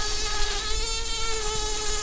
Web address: bumblebees Humilis-queens